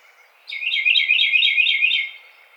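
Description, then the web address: Carolina wren giving a fast, dry chattering rattle of rapid buzzy notes lasting about one and a half seconds, high-pitched and steady. Recorded 30 April 2009. "Carolina Wren 2009 04 30"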